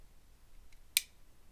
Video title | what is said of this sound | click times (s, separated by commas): Paragon ATKO-10 OTF (Para-X) Knife Review | and it locks into place the | 1.0 s